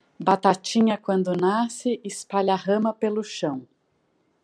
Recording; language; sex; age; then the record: short text; Brazilian Portuguese; female; 40 to 49 years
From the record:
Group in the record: control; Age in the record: 49 years